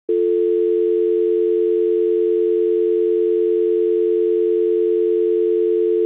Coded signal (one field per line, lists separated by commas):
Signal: telephone call progress tone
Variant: North America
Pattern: dial tone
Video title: Telephone Dial Tone